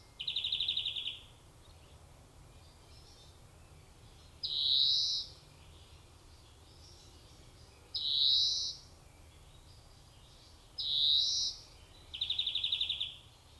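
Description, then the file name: European greenfinch opening and closing with rapid, rattling trills around three long, nasal, buzzy wheezes, five phrases spaced a few seconds apart over a quiet background. "Chloris chloris"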